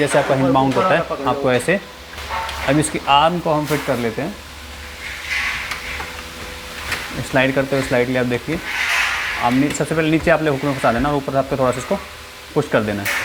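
The arm of a Blum Avantos lift-up fitting is lined up against its mount on a cabinet door and slid slightly into position, ready to be pushed home. Someone talks over soft handling noises throughout. Nothing has seated or clicked yet.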